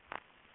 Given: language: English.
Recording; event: throat vibration sensor signal played as sound; swallow